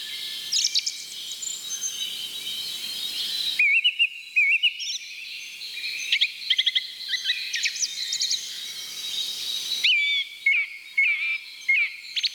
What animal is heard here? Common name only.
Song Thrush